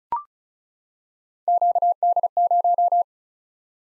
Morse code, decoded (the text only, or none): QD0